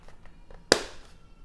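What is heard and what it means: A plastic hubcap is popped onto the rear wheel axle of an upside-down twin double stroller with a bench seat, where the silver axle rod is inserted. A few faint taps come before one sharp, bright snap at 0.7 s that rings briefly and fades. The hubcap is seated.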